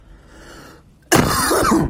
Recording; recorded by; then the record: voluntary cough; messaging app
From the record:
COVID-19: positive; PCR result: self-reported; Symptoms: no